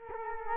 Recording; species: mosquito wingbeat signal from an infrared sensor; Culex quinquefasciatus